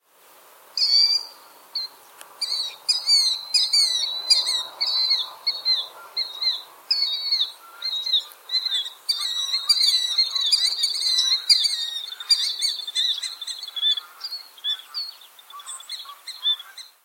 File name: Charadrius vociferus - Killdeer